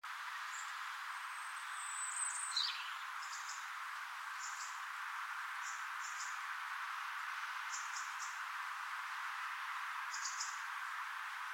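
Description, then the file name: European robin giving thin, high notes, mostly short paired or tripled bursts repeated at intervals, with one sliding downward note, over a steady background hiss. "Erithacus rubecula"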